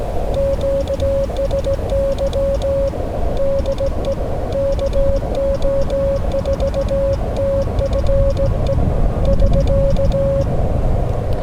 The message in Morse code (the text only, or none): QSY DE KO4TFE <SK>